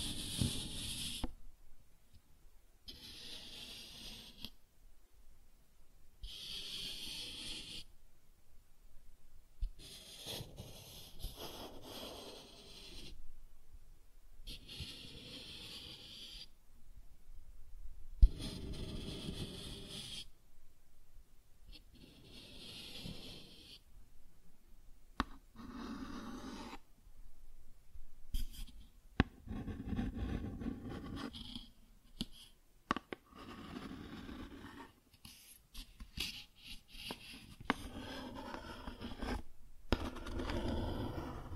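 Cardboard being scratched and traced in bursts of rough, hissy scraping, each lasting a second or two and separated by brief silences. Strokes come roughly every few seconds at first; after about halfway they grow choppier and crackly, suggesting tearing.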